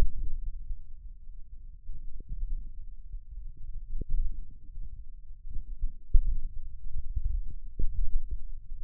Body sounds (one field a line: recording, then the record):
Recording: forearm muscle sounds (acoustic myography)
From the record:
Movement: thumb flexion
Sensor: system 1, eight BSWA MPA416 microphones around the upper forearm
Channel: 8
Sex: male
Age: 28 years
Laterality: right